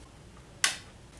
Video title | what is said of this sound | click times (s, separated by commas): [HOW-TO] Unboxing and disassemble a SEAGATE expansion 5TB external drive use internally | there you go so you heard one click | 0.6 s